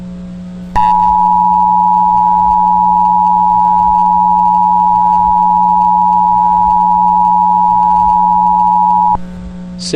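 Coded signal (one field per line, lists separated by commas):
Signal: Emergency Alert System (SAME) tones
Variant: 853 and 960 Hz attention tone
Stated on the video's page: EAS SAME tones in a fictional black hole scenario.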